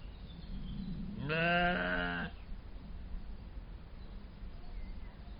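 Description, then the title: Soay sheep uttering a single quavering bleat lasting about a second, set against steady low rumbling noise. Captive Soay sheep in a zoo in Germany. "Soay Schafe. Soay sheep. 54597, Deutschland"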